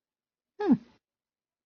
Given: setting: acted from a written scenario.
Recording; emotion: vocal sound without words; contempt